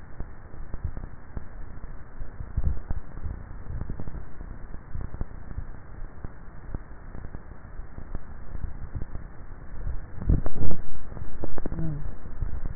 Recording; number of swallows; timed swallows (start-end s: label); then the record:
swallowing sounds by neck microphone; 2
2.45-3.88 s: swallow
9.65-10.58 s: swallow
From the record:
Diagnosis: dysphagia